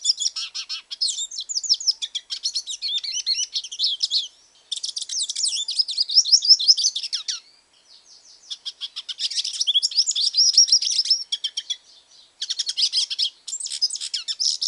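Hooded siskin song in several bursts of quick high twittering and trilled notes, each a few seconds long with short gaps between.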